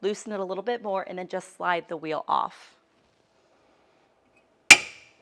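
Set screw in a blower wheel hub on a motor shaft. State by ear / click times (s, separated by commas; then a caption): released / 4.7 s. Someone talks while an allen key turns the set screw in a Vent-A-Hood range hood blower wheel hub on a motor shaft counterclockwise. The screw is tight at first, then after a quiet pause it breaks free with a single sharp snap at 4.7 s. The snap shows the set screw is now loose.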